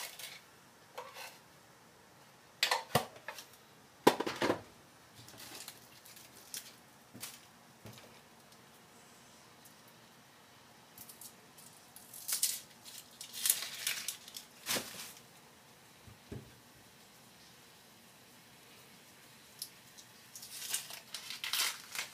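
Food being prepared ahead for packed lunches: scattered clicks, taps and clatter of utensils and containers, with bursts around 3–5 seconds, 12–15 seconds and near the end. Softer rustling and scraping fill the quieter gaps over a low steady hum.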